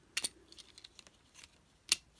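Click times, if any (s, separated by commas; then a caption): 1.9 s. The plastic wheel section of a Transformers Kingdom Deluxe Class Autobot Pipes transforming action figure is worked free from its clipped position during transformation. A few small plastic clicks and ticks lead up to a sharp snap at 1.9 s, as the wheels unclip and swing out.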